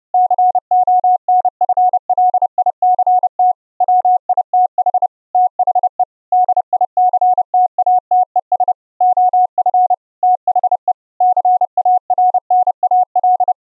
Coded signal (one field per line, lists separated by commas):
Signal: Morse code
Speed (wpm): 30 wpm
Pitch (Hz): 730 Hz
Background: none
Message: CONFLICT WITH THE DICTATES OF THE CARNAL